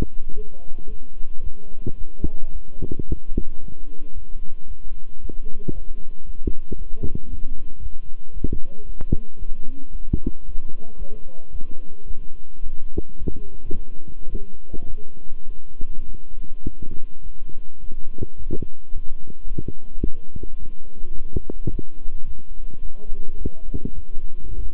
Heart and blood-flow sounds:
heart sounds by stethoscope; between the tricuspid and mitral areas; 109 bpm
0.34 s: heartbeat
0.88 s: heartbeat
1.42 s: heartbeat
1.96 s: heartbeat
2.51 s: heartbeat
3.05 s: heartbeat
3.59 s: heartbeat
4.13 s: heartbeat
4.66 s: heartbeat
5.20 s: heartbeat
5.73 s: heartbeat
6.25 s: heartbeat
6.77 s: heartbeat
7.29 s: heartbeat
7.80 s: heartbeat
8.32 s: heartbeat
8.85 s: heartbeat
9.37 s: heartbeat
9.91 s: heartbeat
10.44 s: heartbeat
10.97 s: heartbeat
11.51 s: heartbeat
12.06 s: heartbeat
12.61 s: heartbeat
13.17 s: heartbeat
13.71 s: heartbeat
14.28 s: heartbeat
14.86 s: heartbeat
15.45 s: heartbeat
16.04 s: heartbeat
16.63 s: heartbeat
17.21 s: heartbeat
17.80 s: heartbeat
18.36 s: heartbeat
18.92 s: heartbeat
19.47 s: heartbeat
20.02 s: heartbeat
20.58 s: heartbeat
21.14 s: heartbeat
21.70 s: heartbeat
22.25 s: heartbeat
22.81 s: heartbeat
23.37 s: heartbeat
23.93 s: heartbeat
24.49 s: heartbeat
From the record:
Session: walking at 3.7 km/h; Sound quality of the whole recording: good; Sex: male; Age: 26 years

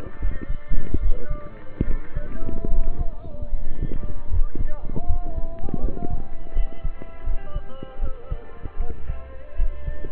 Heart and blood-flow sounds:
heart sounds by stethoscope; between the tricuspid and mitral areas; 77 bpm
0.18 s: heartbeat
0.99 s: heartbeat
1.84 s: heartbeat
2.68 s: heartbeat
3.50 s: heartbeat
4.28 s: heartbeat
5.05 s: heartbeat
5.80 s: heartbeat
6.52 s: heartbeat
7.23 s: heartbeat
7.99 s: heartbeat
8.77 s: heartbeat
9.55 s: heartbeat
From the record:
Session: rest, lying down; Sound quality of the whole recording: partially saturated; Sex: male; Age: 27 years

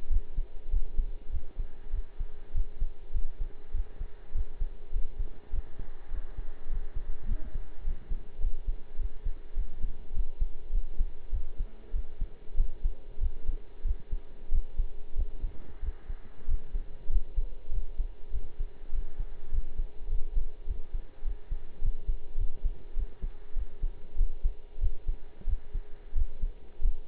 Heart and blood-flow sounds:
heart sounds by stethoscope; between the tricuspid and mitral areas; 99 bpm
0.09 s: heartbeat
0.70 s: heartbeat
1.31 s: heartbeat
1.92 s: heartbeat
2.53 s: heartbeat
3.13 s: heartbeat
3.72 s: heartbeat
4.33 s: heartbeat
4.92 s: heartbeat
5.51 s: heartbeat
6.10 s: heartbeat
6.69 s: heartbeat
7.27 s: heartbeat
7.84 s: heartbeat
8.40 s: heartbeat
8.98 s: heartbeat
9.55 s: heartbeat
10.13 s: heartbeat
10.71 s: heartbeat
11.31 s: heartbeat
11.92 s: heartbeat
12.56 s: heartbeat
13.19 s: heartbeat
13.83 s: heartbeat
14.50 s: heartbeat
15.15 s: heartbeat
15.81 s: heartbeat
16.46 s: heartbeat
17.09 s: heartbeat
17.71 s: heartbeat
18.31 s: heartbeat
18.91 s: heartbeat
19.50 s: heartbeat
20.08 s: heartbeat
20.66 s: heartbeat
21.23 s: heartbeat
21.81 s: heartbeat
22.37 s: heartbeat
22.95 s: heartbeat
23.55 s: heartbeat
24.16 s: heartbeat
24.80 s: heartbeat
25.46 s: heartbeat
26.14 s: heartbeat
26.81 s: heartbeat
From the record:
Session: pedaling a stationary bicycle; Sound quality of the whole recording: partially saturated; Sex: male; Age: 23 years

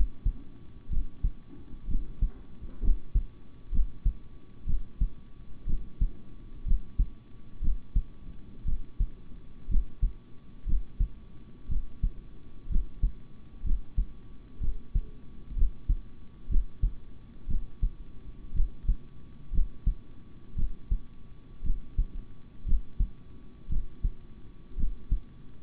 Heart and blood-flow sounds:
heart sounds by stethoscope; between the tricuspid and mitral areas; 60 bpm
0.89 s: heartbeat
1.87 s: heartbeat
2.81 s: heartbeat
3.71 s: heartbeat
4.66 s: heartbeat
5.66 s: heartbeat
6.65 s: heartbeat
7.61 s: heartbeat
8.65 s: heartbeat
9.68 s: heartbeat
10.65 s: heartbeat
11.68 s: heartbeat
12.68 s: heartbeat
13.63 s: heartbeat
14.60 s: heartbeat
15.55 s: heartbeat
16.48 s: heartbeat
17.47 s: heartbeat
18.53 s: heartbeat
19.51 s: heartbeat
20.55 s: heartbeat
21.63 s: heartbeat
22.65 s: heartbeat
23.68 s: heartbeat
24.76 s: heartbeat
From the record:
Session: rest, sitting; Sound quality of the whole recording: good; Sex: male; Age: 26 years

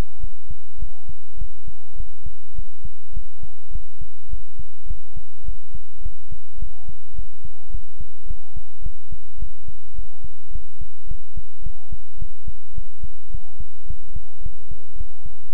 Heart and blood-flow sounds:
heart sounds by stethoscope; between the tricuspid and mitral areas; 106 bpm
0.19 s: heartbeat
0.78 s: heartbeat
1.37 s: heartbeat
1.95 s: heartbeat
2.54 s: heartbeat
3.12 s: heartbeat
3.70 s: heartbeat
4.28 s: heartbeat
4.86 s: heartbeat
5.43 s: heartbeat
6.01 s: heartbeat
6.58 s: heartbeat
7.14 s: heartbeat
7.69 s: heartbeat
8.26 s: heartbeat
8.81 s: heartbeat
9.37 s: heartbeat
9.93 s: heartbeat
10.50 s: heartbeat
11.06 s: heartbeat
11.61 s: heartbeat
12.17 s: heartbeat
12.73 s: heartbeat
13.29 s: heartbeat
13.85 s: heartbeat
14.41 s: heartbeat
14.95 s: heartbeat
15.49 s: heartbeat
From the record:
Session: pedaling a stationary bicycle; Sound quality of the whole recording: good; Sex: male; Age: 24 years

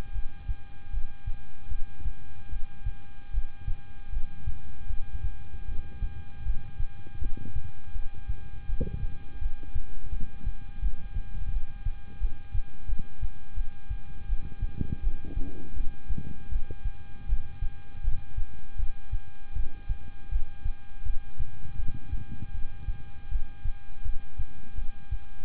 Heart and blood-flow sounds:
heart sounds by stethoscope; between the tricuspid and mitral areas; 80 bpm
0.12 s: heartbeat
0.91 s: heartbeat
1.68 s: heartbeat
2.49 s: heartbeat
3.31 s: heartbeat
4.10 s: heartbeat
4.87 s: heartbeat
5.65 s: heartbeat
6.43 s: heartbeat
7.19 s: heartbeat
7.92 s: heartbeat
8.66 s: heartbeat
9.39 s: heartbeat
10.10 s: heartbeat
10.80 s: heartbeat
11.50 s: heartbeat
12.19 s: heartbeat
12.86 s: heartbeat
13.54 s: heartbeat
14.26 s: heartbeat
15.01 s: heartbeat
15.74 s: heartbeat
16.49 s: heartbeat
17.26 s: heartbeat
18.01 s: heartbeat
18.76 s: heartbeat
19.53 s: heartbeat
20.29 s: heartbeat
21.03 s: heartbeat
21.76 s: heartbeat
22.52 s: heartbeat
23.29 s: heartbeat
24.03 s: heartbeat
24.75 s: heartbeat
From the record:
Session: rest, lying down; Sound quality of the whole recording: good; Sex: male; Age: 26 years

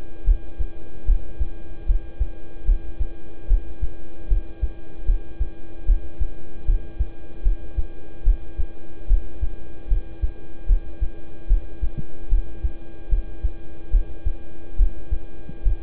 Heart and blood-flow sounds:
heart sounds by stethoscope; between the tricuspid and mitral areas; 74 bpm
0.24 s: heartbeat
1.05 s: heartbeat
1.86 s: heartbeat
2.65 s: heartbeat
3.47 s: heartbeat
4.28 s: heartbeat
5.05 s: heartbeat
5.85 s: heartbeat
6.65 s: heartbeat
7.43 s: heartbeat
8.23 s: heartbeat
9.07 s: heartbeat
9.88 s: heartbeat
10.66 s: heartbeat
11.47 s: heartbeat
12.29 s: heartbeat
13.09 s: heartbeat
13.90 s: heartbeat
14.76 s: heartbeat
15.63 s: heartbeat
From the record:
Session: rest, lying down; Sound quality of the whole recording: good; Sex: male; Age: 26 years

